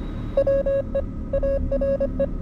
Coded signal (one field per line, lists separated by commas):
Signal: Morse code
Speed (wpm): 25 wpm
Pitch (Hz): 550 Hz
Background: none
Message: WE ARE